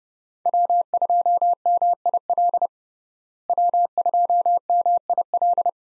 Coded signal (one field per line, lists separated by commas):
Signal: Morse code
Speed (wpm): 30 wpm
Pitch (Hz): 700 Hz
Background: none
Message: W2MIL W2MIL